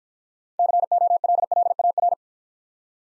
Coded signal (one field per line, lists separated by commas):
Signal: Morse code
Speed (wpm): 49 wpm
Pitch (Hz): 700 Hz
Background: none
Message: COLLAR